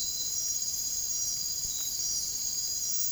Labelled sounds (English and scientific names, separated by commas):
none